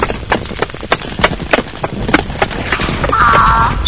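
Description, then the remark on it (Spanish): Donkey hooves clip-clop in a steady, brisk rhythm of sharp knocks at a beach, with a faint whine-like tone rising near the end. “¡Rápido, escúchate atrás del burro!”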